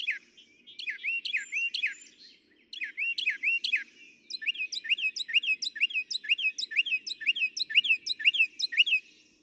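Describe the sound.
Northern mockingbird song: rich slurred phrases repeated a few times, then a long, fast, steady series of repeated chirping notes.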